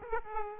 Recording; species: mosquito wingbeat signal from an infrared sensor; Aedes aegypti